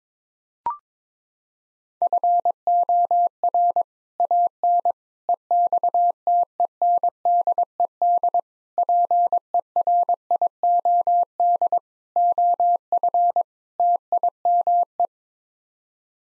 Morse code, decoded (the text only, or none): FOR AN EXTENDED PERIOD OF TIME